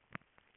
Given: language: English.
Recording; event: throat vibration sensor signal played as sound; swallow